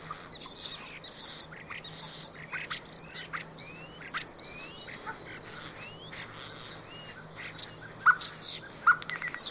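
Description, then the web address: Common starling chattering: a busy jumble of sharp clicks, short whistles and rising slurred notes, with a few louder bursts near the end. "Deverinetal 2025. Bird Only"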